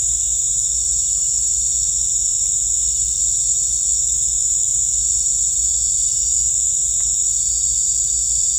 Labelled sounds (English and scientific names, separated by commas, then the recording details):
none
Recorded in secondary vegetation near Puerto Asís, Putumayo, Colombia, on 26 December 2024 at 18:30
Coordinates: 0.499, -76.323
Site G010